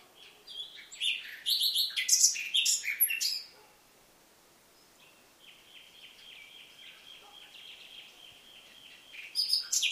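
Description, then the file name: Common nightingale song opens with a dense, varied phrase of rapid notes, followed by a faint, long series of steady repeated notes and a short burst at the end. "Luscinia megarhynchos"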